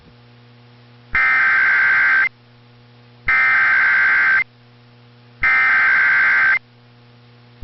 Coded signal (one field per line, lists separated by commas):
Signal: Emergency Alert System (SAME) tones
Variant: header bursts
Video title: We aren't severe enough! | EAS Alerts from 9/25/2022 (EAS #2034-2039)